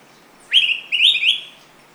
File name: araripe manakin